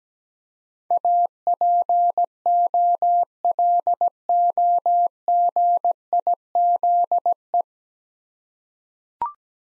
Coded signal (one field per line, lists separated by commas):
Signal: Morse code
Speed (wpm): 17 wpm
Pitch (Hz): 700 Hz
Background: none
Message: APOLOGIZE